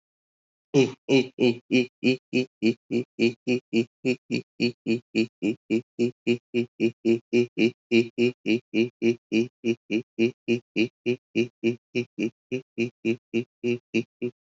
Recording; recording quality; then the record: sustained vowel as in beet; moderate, slight background noise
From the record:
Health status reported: recovered from COVID-19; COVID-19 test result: positive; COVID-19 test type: RT-PCR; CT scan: not taken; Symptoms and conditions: none ticked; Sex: male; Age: 41 years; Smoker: no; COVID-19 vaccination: both doses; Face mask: worn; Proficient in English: yes